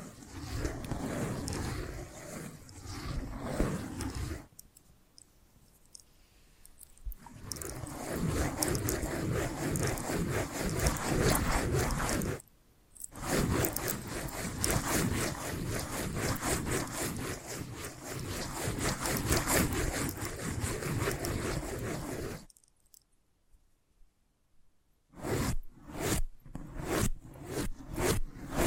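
Dense, busy scratching and tapping runs in long stretches, broken by brief silences near 5 and 12 seconds, ending in sparse separate taps.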